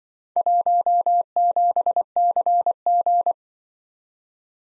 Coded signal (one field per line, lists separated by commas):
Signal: Morse code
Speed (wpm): 24 wpm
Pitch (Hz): 700 Hz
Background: none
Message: 17CG